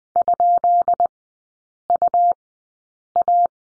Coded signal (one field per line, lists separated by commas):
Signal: Morse code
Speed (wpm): 20 wpm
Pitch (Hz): 700 Hz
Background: none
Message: ?UA